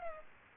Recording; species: mosquito wingbeat signal from an infrared sensor; Culex pipiens